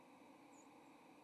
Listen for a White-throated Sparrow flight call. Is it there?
yes